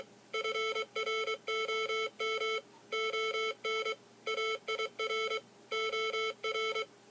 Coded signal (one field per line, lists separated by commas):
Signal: Morse code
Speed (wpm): 23 wpm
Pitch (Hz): 440 Hz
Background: none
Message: FROM ON AIR OR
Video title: Morse code reader